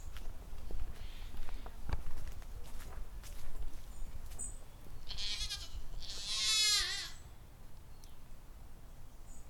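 Goat bleating: one wavering, quavering bleat about midway, preceded by a shorter bleat, over a noisy background with clicks and low rumble.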